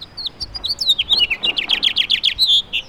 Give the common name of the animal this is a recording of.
House Finch